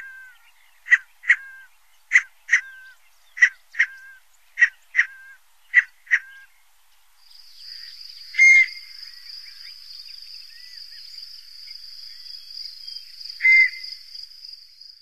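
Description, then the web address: Scaled Quail calls: short two-part notes given in pairs for about six seconds, then a steady high hiss with two brief notes. "Songs of Birds of North America Stokes. Scaled Quail"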